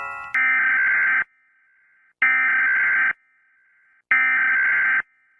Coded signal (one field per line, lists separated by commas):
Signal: Emergency Alert System (SAME) tones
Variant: header bursts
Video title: eas alram but ocs, emojis